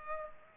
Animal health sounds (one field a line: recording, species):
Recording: mosquito wingbeat signal from an infrared sensor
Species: Culex pipiens